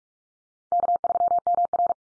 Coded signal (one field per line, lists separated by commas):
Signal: Morse code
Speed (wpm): 44 wpm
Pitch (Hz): 700 Hz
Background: none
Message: K3MR